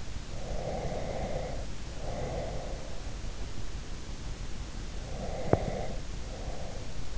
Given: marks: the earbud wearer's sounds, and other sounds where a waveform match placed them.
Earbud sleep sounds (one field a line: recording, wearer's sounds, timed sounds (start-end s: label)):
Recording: sounds in sleep by an in-ear microphone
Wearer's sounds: breath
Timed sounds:
0.36-3.15 s: breath
5.04-7.18 s: breath